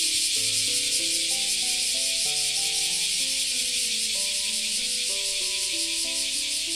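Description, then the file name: Cicada chorus: a constant high, rasping hiss with quick pulsing, over soft sustained tones that shift between low pitches. Many cicadas calling together, recorded as ambient sound. "環境音 セミ 多数"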